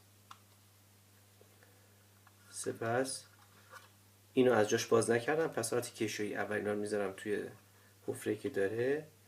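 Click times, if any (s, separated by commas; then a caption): 0.3 s. A drive interface cable connector is fitted onto a new SSD in the drive bay of a MacBook Pro, with a short sharp click at 0.3 s as it seats. Someone talks afterward. The connector is seated.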